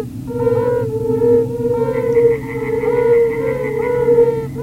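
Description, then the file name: Yellow-bellied toads calling in a chorus of soft, mellow hooting notes, several overlapping and repeated about once a second, over a constant low hum. "Bombina variegata"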